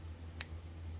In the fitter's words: hear that it clicks into place and it is completely